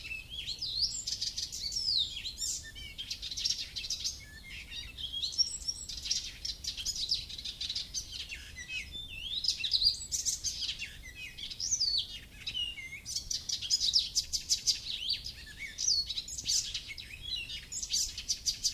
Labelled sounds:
Icterine Warbler song

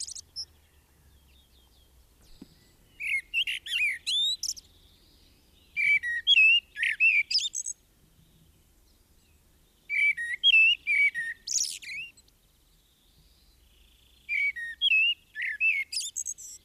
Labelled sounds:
Common Blackbird song

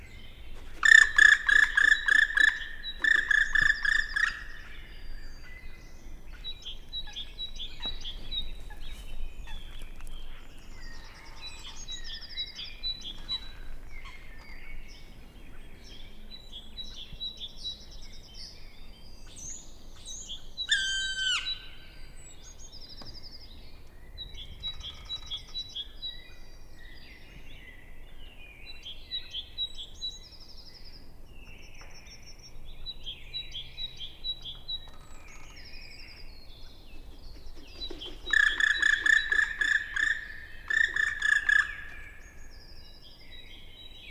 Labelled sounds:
Black Woodpecker flight call

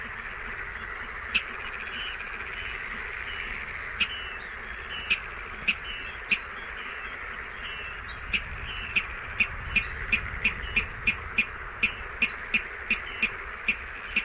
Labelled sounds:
Water Rail

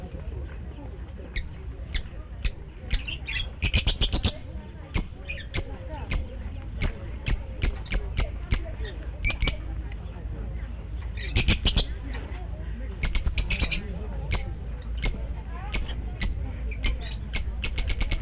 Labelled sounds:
Fischer's Lovebird call

